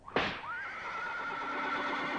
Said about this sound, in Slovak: Počuješ? To už pohonič plieska bičom, že je čas ísť.